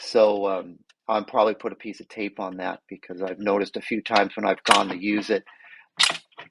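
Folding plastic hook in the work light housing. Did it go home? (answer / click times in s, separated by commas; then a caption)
no / none. A man talks while the folding plastic hanging hook on a Vastfire VA-L02 5000 lumen portable work light swings out instead of locking into its stowed position. Two short knocks are heard near 6.4 and 6.5 seconds, likely the hook moving. Nothing locks or clicks into place, and the hook fails to stay secured.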